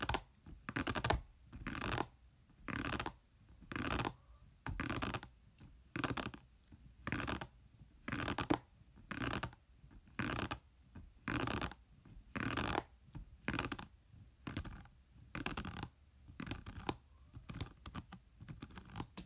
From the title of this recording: Gentle hairbrush tapping